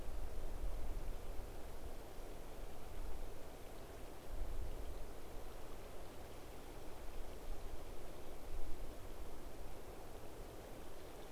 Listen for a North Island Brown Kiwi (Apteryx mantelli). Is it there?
no